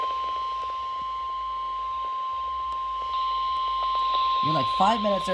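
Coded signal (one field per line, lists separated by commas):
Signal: Emergency Alert System (SAME) tones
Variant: 1050 Hz attention tone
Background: speech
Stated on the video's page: Required weekly tests on NOAA weather radio transmitters at 162.400–162.550 MHz.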